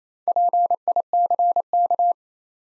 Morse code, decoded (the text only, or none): PICK